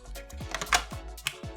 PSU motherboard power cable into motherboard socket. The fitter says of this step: make sure that clicks in place